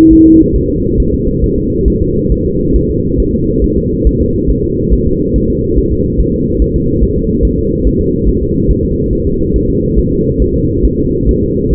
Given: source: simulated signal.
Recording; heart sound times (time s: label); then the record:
fetal heart sounds
0.13 s: S1
0.27 s: S2
0.56 s: S1
0.70 s: S2
1.00 s: S1
1.14 s: S2
1.44 s: S1
1.58 s: S2
1.88 s: S1
2.02 s: S2
2.32 s: S1
2.46 s: S2
2.76 s: S1
2.90 s: S2
3.20 s: S1
3.34 s: S2
3.64 s: S1
3.78 s: S2
4.07 s: S1
4.21 s: S2
4.50 s: S1
4.64 s: S2
4.93 s: S1
5.07 s: S2
5.36 s: S1
5.50 s: S2
5.78 s: S1
5.92 s: S2
6.20 s: S1
6.34 s: S2
6.62 s: S1
6.76 s: S2
7.04 s: S1
7.18 s: S2
7.45 s: S1
7.59 s: S2
7.87 s: S1
8.01 s: S2
8.29 s: S1
8.43 s: S2
8.71 s: S1
8.85 s: S2
9.13 s: S1
9.27 s: S2
9.56 s: S1
9.70 s: S2
9.99 s: S1
10.13 s: S2
10.42 s: S1
10.56 s: S2
10.85 s: S1
10.99 s: S2
11.29 s: S1
11.43 s: S2
11.73 s: S1
From the record:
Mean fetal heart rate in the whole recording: 140 bpm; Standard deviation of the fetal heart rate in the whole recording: 2 bpm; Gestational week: 34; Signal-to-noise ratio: -14.7 dB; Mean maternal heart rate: 72 bpm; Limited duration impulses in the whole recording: present